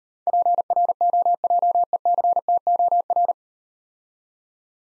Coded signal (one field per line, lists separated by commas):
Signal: Morse code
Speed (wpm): 38 wpm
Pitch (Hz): 700 Hz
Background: none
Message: PROJECTOR